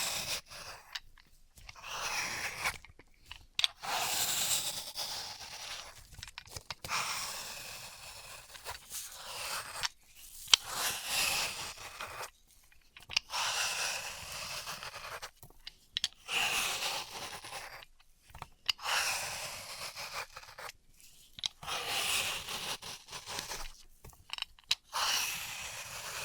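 Floral foam being cut and crushed in bursts of crisp, bright crunching, each lasting a few seconds, separated by short silent pauses.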